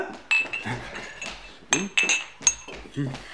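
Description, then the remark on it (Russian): Glasses and small shot glasses clink together in a handful of sharp, irregular knocks, each leaving a bright, high ringing tone, with soft handling noise and faint voices underneath. “возьми бокалы чарки с полосни.”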